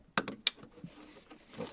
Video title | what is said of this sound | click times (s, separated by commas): Honda CR-V Replace Radiator Cooling Fan A/C Condenser Fan 2001-2006 | for that nice little click | 0.5 s